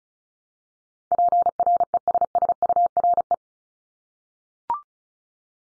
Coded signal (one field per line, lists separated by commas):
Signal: Morse code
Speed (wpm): 36 wpm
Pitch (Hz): 700 Hz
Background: none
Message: PRESSURE